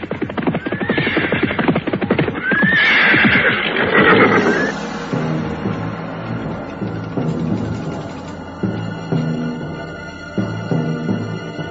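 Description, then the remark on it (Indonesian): Rapid clattering hoofbeats of several ridden horses approaching by a roadside, with loud whinnies rising over them in the first seconds, then giving way to a steady, layered droning tone that continues to the end. “Pada saat sedang bicara di tepi jalan, setelah mereka merampungkan pertarungan, terdengar derap orang-orang berkuda mendekat.”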